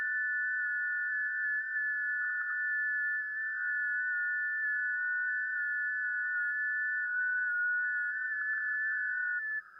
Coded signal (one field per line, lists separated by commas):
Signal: FT8